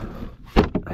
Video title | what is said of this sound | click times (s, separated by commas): *NEW *2023 YZ450F Yoshimura Exhaust Sounds INSANE!! TOO LOUD | locks in place and you can move this thing around super easy by yourself | 0.6 s